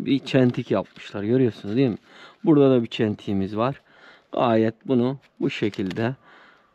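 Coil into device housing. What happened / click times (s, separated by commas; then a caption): The part is being lined up but has not clicked into place / none. A coil is being lined up with a notch in a device housing while someone talks. Nothing has seated or clicked yet; the clip ends before the coil goes home.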